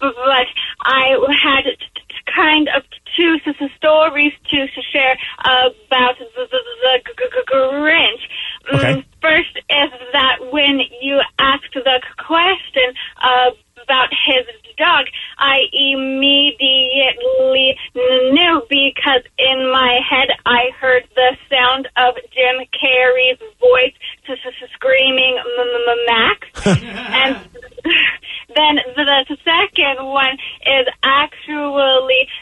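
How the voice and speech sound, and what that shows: An adult woman speaks slowly over a phone line, with a repeated 'the', a repeated 'g' sound, stretched sounds and frequent hesitant pauses. These are stuttering disfluencies. Her stuttering began in adulthood from medical causes, and at its start she stuttered on the word 'the'.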